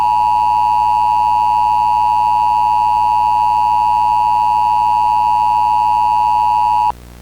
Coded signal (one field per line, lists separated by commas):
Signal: Emergency Alert System (SAME) tones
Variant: 853 and 960 Hz attention tone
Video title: One Icy Night - A EAS Mock